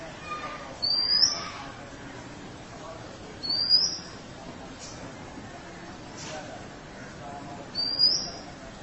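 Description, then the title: Oriental magpie-robin whistles: three bright, high, upslurred notes, irregularly spaced, against a quiet, hissy background. Chirping song (kicauan) of the bird. "Suara Kicauan Burung Kacer Durasi Panjang"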